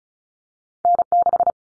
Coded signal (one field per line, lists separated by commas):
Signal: Morse code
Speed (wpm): 34 wpm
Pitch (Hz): 700 Hz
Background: none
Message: N6